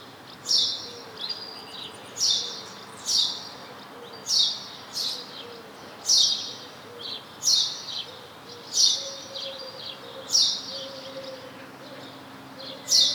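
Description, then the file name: House sparrow chirping, loud bright chirps repeated roughly every second over faint background hiss. "Passer domesticus"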